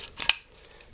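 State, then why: Seated. The sliding brush on the plastic multi-function attachment tool of a Dyson DC25 Animal vacuum cleaner is pushed back up along the tool. A short scraping slide leads into a sharp, bright plastic snap at 0.3 s, followed by a few faint ticks. The brush locks back into place.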